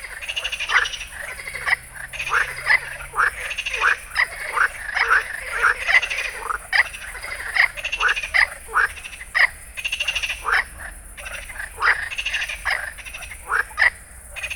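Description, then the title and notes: Frogs: dense chorus of harsh pulsed croaks, repeated rapidly and overlapping throughout, several callers alternating without pause. Endless amphibian chorus at night at a pond in Fenouillet, France; recorded with USI Pro AB microphones and Zoom F8. "Allée des Ramiers, Fenouillet, France. concert interminable de batraciens"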